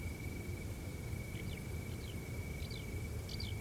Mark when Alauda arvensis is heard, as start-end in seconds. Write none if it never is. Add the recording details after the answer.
1.34-1.59, 1.88-2.14, 2.59-2.83, 3.27-3.54. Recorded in France